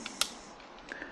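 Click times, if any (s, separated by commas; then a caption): 0.2 s. The popup antenna on a helmet communication (intercom) unit is folded down into its stowed position and snaps into place with a sharp, bright click at 0.2 s. A faint tick comes just before it, and a few softer ticks follow near 0.9 and 1.0 s. The antenna is seated.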